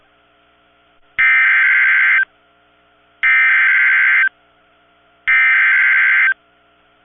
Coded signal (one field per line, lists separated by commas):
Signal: Emergency Alert System (SAME) tones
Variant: header bursts